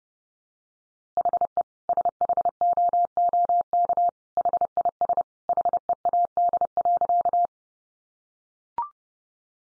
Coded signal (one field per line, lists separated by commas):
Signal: Morse code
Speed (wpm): 30 wpm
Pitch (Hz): 700 Hz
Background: none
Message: HE SHOOK HIS HEAD.